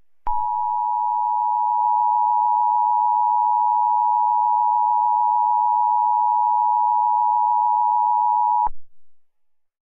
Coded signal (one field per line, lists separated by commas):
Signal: Emergency Alert System (SAME) tones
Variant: 853 and 960 Hz attention tone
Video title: EAS Scenario #48: Mickey Error 4: The Return Of Mickey Error: This Was All A Dream